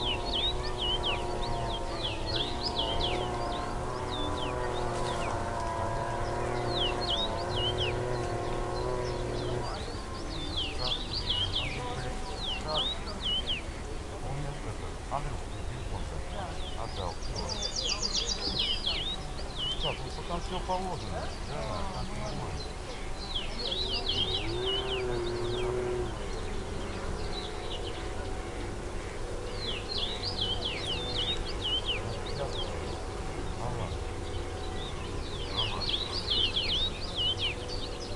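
Woodland ambience with bright bird chirps and tweets scattered throughout, coming in short bursts every few seconds. Underneath runs a steady low hum and rumble, heavier in the first ten seconds, with faint murmuring and a brief whistle-like tone near twenty-five seconds.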